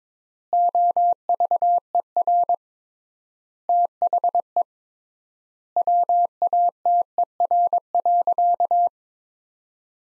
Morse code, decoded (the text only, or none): OVER THE WATER.